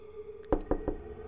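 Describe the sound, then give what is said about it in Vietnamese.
Three sharp knocks on a window glass at night, made by a thin hand tapping with sharp nails, in quick, even succession, each a short percussive thud with a faint low hum underneath and no voices. “3 tiếng cộc cộc cộc lại một lần nữa vang lên trong màn đêm thâm tối, như một tiếng chuông báo hiệu có kẻ đang ở gần.”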